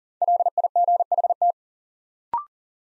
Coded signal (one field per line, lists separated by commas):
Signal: Morse code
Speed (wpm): 40 wpm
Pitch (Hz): 700 Hz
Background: none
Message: LIGHT